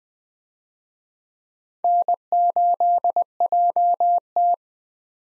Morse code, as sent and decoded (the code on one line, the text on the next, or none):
-. ---.. .--- -
N8JT